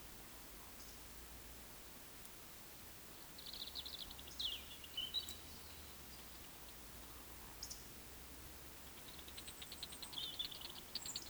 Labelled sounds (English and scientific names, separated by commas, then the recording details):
Eurasian Woodcock (Scolopax rusticola) whistle, Eurasian Woodcock (Scolopax rusticola) croak
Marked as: croak, whistle, croak, whistle, croak, whistle, croak
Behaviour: display flight
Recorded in Baden-Württemberg, Germany, on 31 May 2021 at 19:59 UTC
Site 20675, 466 m above sea level